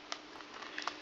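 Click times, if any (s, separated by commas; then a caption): none. A plastic screen hook is slid forward in its slot on the base of an IBM 600x laptop. Only quiet handling is heard, with brief plastic ticks at about 0.1, 0.8 and 0.9 seconds over a low hiss. The hook has not clicked or seated yet.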